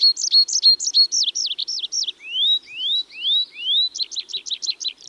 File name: Tree Pipit (Anthus trivialis)